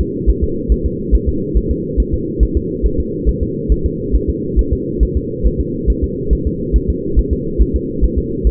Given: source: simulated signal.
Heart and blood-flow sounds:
fetal heart sounds
0.01 s: S2
0.30 s: S1
0.44 s: S2
0.72 s: S1
0.86 s: S2
1.15 s: S1
1.29 s: S2
1.57 s: S1
1.71 s: S2
2.00 s: S1
2.14 s: S2
2.43 s: S1
2.57 s: S2
2.86 s: S1
3.00 s: S2
3.29 s: S1
3.43 s: S2
3.72 s: S1
3.86 s: S2
4.16 s: S1
4.30 s: S2
4.59 s: S1
4.73 s: S2
5.03 s: S1
5.17 s: S2
5.47 s: S1
5.61 s: S2
5.90 s: S1
6.04 s: S2
6.33 s: S1
6.47 s: S2
6.76 s: S1
6.90 s: S2
7.19 s: S1
7.33 s: S2
7.62 s: S1
7.76 s: S2
8.04 s: S1
8.19 s: S2
8.47 s: S1
From the record:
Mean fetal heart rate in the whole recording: 140 bpm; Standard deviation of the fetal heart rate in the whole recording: 2 bpm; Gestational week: 34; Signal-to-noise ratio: -6.6 dB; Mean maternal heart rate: 72 bpm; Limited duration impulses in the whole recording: present

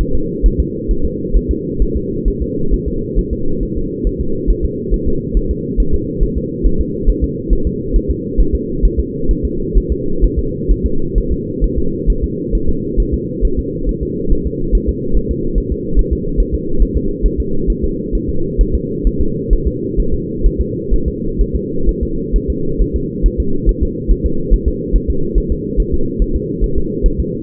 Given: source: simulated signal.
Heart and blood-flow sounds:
fetal heart sounds
0.01 s: S1
0.15 s: S2
0.46 s: S1
0.60 s: S2
0.91 s: S1
1.05 s: S2
1.37 s: S1
1.51 s: S2
1.82 s: S1
1.97 s: S2
2.28 s: S1
2.42 s: S2
2.74 s: S1
2.88 s: S2
3.19 s: S1
3.33 s: S2
3.63 s: S1
3.77 s: S2
4.07 s: S1
4.21 s: S2
4.50 s: S1
4.65 s: S2
4.94 s: S1
5.08 s: S2
5.37 s: S1
5.51 s: S2
5.80 s: S1
5.94 s: S2
6.23 s: S1
6.38 s: S2
6.66 s: S1
6.81 s: S2
7.10 s: S1
7.24 s: S2
7.53 s: S1
7.67 s: S2
7.96 s: S1
8.11 s: S2
8.41 s: S1
8.55 s: S2
8.85 s: S1
9.00 s: S2
9.31 s: S1
9.45 s: S2
9.78 s: S1
9.92 s: S2
10.25 s: S1
10.39 s: S2
10.72 s: S1
10.86 s: S2
11.18 s: S1
11.32 s: S2
11.64 s: S1
11.78 s: S2
12.10 s: S1
12.24 s: S2
12.55 s: S1
12.69 s: S2
13.00 s: S1
13.14 s: S2
13.45 s: S1
13.59 s: S2
13.89 s: S1
14.03 s: S2
14.32 s: S1
14.47 s: S2
14.75 s: S1
14.89 s: S2
15.17 s: S1
15.31 s: S2
15.58 s: S1
15.72 s: S2
15.99 s: S1
16.13 s: S2
16.40 s: S1
16.54 s: S2
16.82 s: S1
16.97 s: S2
17.26 s: S1
17.40 s: S2
17.70 s: S1
17.84 s: S2
18.15 s: S1
18.29 s: S2
18.61 s: S1
18.75 s: S2
19.07 s: S1
19.21 s: S2
19.53 s: S1
19.67 s: S2
20.00 s: S1
20.14 s: S2
20.46 s: S1
20.61 s: S2
20.94 s: S1
21.08 s: S2
21.41 s: S1
21.56 s: S2
21.89 s: S1
22.03 s: S2
22.36 s: S1
22.50 s: S2
22.81 s: S1
22.96 s: S2
23.26 s: S1
23.40 s: S2
23.69 s: S1
23.83 s: S2
24.11 s: S1
24.26 s: S2
24.53 s: S1
24.68 s: S2
24.96 s: S1
25.10 s: S2
25.38 s: S1
25.52 s: S2
25.80 s: S1
25.94 s: S2
26.22 s: S1
26.36 s: S2
26.64 s: S1
26.78 s: S2
27.06 s: S1
27.20 s: S2
From the record:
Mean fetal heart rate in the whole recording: 135 bpm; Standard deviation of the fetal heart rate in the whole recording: 3 bpm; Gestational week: 36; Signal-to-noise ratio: -8.1 dB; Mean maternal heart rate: 72 bpm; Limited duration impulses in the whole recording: absent

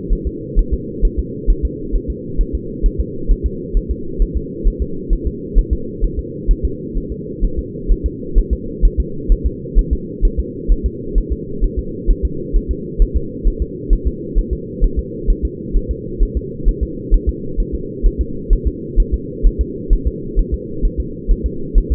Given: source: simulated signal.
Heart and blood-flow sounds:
fetal heart sounds
0.13 s: S1
0.27 s: S2
0.59 s: S1
0.74 s: S2
1.05 s: S1
1.19 s: S2
1.50 s: S1
1.65 s: S2
1.96 s: S1
2.10 s: S2
2.41 s: S1
2.55 s: S2
2.86 s: S1
3.00 s: S2
3.31 s: S1
3.46 s: S2
3.77 s: S1
3.91 s: S2
4.22 s: S1
4.37 s: S2
4.68 s: S1
4.82 s: S2
5.13 s: S1
5.27 s: S2
5.59 s: S1
5.73 s: S2
6.04 s: S1
6.19 s: S2
6.51 s: S1
6.65 s: S2
6.98 s: S1
7.12 s: S2
7.44 s: S1
7.59 s: S2
7.91 s: S1
8.06 s: S2
8.38 s: S1
8.53 s: S2
8.85 s: S1
9.00 s: S2
9.32 s: S1
9.46 s: S2
9.79 s: S1
9.93 s: S2
10.25 s: S1
10.40 s: S2
10.72 s: S1
10.86 s: S2
11.18 s: S1
11.32 s: S2
11.64 s: S1
11.79 s: S2
12.10 s: S1
12.25 s: S2
12.56 s: S1
12.71 s: S2
13.02 s: S1
13.16 s: S2
13.48 s: S1
13.62 s: S2
13.93 s: S1
14.07 s: S2
14.38 s: S1
14.53 s: S2
14.84 s: S1
14.99 s: S2
15.30 s: S1
15.45 s: S2
15.77 s: S1
15.91 s: S2
16.23 s: S1
16.37 s: S2
16.69 s: S1
16.83 s: S2
17.14 s: S1
17.29 s: S2
17.60 s: S1
17.75 s: S2
18.06 s: S1
18.21 s: S2
18.53 s: S1
18.67 s: S2
19.00 s: S1
19.14 s: S2
19.47 s: S1
19.61 s: S2
19.93 s: S1
20.07 s: S2
20.39 s: S1
20.54 s: S2
20.85 s: S1
21.00 s: S2
21.31 s: S1
21.46 s: S2
21.78 s: S1
21.92 s: S2
From the record:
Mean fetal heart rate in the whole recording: 130 bpm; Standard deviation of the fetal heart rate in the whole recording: 2 bpm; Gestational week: 38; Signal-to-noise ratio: -4.3 dB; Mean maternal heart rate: 72 bpm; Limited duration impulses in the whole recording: absent

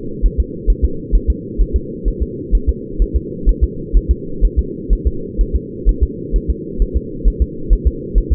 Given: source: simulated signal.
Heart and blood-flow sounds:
fetal heart sounds
0.26 s: S1
0.40 s: S2
0.70 s: S1
0.85 s: S2
1.15 s: S1
1.30 s: S2
1.61 s: S1
1.76 s: S2
2.08 s: S1
2.23 s: S2
2.55 s: S1
2.69 s: S2
3.02 s: S1
3.16 s: S2
3.49 s: S1
3.64 s: S2
3.97 s: S1
4.11 s: S2
4.45 s: S1
4.59 s: S2
4.93 s: S1
5.07 s: S2
5.41 s: S1
5.56 s: S2
5.89 s: S1
6.03 s: S2
6.36 s: S1
6.50 s: S2
6.82 s: S1
6.97 s: S2
7.28 s: S1
7.42 s: S2
7.73 s: S1
7.87 s: S2
8.18 s: S1
8.33 s: S2
From the record:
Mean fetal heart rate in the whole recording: 130 bpm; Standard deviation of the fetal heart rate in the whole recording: 2 bpm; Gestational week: 36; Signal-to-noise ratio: -4.3 dB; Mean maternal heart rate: 72 bpm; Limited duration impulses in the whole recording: absent

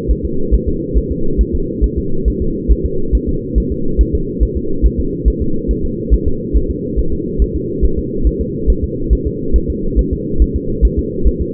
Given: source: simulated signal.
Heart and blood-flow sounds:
fetal heart sounds
0.11 s: S1
0.25 s: S2
0.54 s: S1
0.68 s: S2
0.97 s: S1
1.12 s: S2
1.41 s: S1
1.55 s: S2
1.84 s: S1
1.98 s: S2
2.28 s: S1
2.42 s: S2
2.72 s: S1
2.86 s: S2
3.15 s: S1
3.29 s: S2
3.58 s: S1
3.72 s: S2
4.01 s: S1
4.15 s: S2
4.43 s: S1
4.57 s: S2
4.86 s: S1
5.00 s: S2
5.28 s: S1
5.42 s: S2
5.71 s: S1
5.85 s: S2
6.14 s: S1
6.28 s: S2
6.57 s: S1
6.71 s: S2
6.99 s: S1
7.13 s: S2
7.42 s: S1
7.56 s: S2
7.85 s: S1
7.99 s: S2
8.27 s: S1
8.41 s: S2
8.70 s: S1
8.84 s: S2
9.13 s: S1
9.27 s: S2
9.56 s: S1
9.70 s: S2
9.99 s: S1
10.13 s: S2
10.42 s: S1
10.56 s: S2
10.85 s: S1
10.99 s: S2
11.27 s: S1
11.41 s: S2
From the record:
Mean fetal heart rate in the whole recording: 140 bpm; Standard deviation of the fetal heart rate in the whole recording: 2 bpm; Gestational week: 34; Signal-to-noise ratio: -8.1 dB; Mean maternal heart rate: 72 bpm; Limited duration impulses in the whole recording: absent

